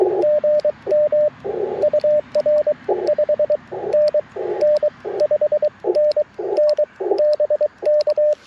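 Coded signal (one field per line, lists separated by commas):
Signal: Morse code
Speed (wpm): 23 wpm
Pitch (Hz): 600 Hz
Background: radio noise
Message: GM UR 5NN 5NN BK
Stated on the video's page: Live QRP CW Parks on the Air activation in a national forest, sent with paddles on an Icom IC-705 into a vertical antenna.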